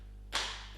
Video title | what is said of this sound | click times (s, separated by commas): SERRA SABRE PARKSIDE PPFS 1250 A1 GAMA AC | oh ok ça doit faire un petit clic et puis elle ne sortira pas il faut vraiment la forcer à sortir ok c'est déjà en place | 0.4 s